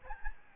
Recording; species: mosquito wingbeat signal from an infrared sensor; Aedes albopictus